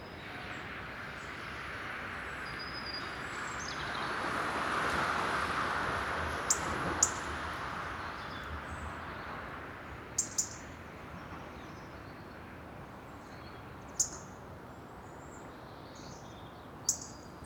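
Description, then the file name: European robin giving sharp, dry tick calls, single or in close pairs, a few seconds apart, with faint thin high notes over a steady broad rushing background. "Erithacus rubecula"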